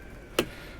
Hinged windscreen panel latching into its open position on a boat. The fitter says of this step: it locks in place,